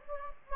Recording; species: mosquito wingbeat signal from an infrared sensor; Anopheles gambiae